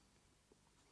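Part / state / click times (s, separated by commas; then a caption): flex cable connector lock in a rangefinder camera / not seated / none. A small plastic locking flap on a flex cable connector inside the shutter button assembly of a Konica Hexar RF rangefinder camera is being pressed shut after the flex cable has been slid fully into it. Steady low background noise is heard with one faint, brief tick near 0.5 s. Nothing has seated or clicked yet.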